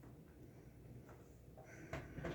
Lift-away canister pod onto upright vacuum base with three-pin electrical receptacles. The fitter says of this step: and you heard it click in line put it on the whole thing is now assembled alright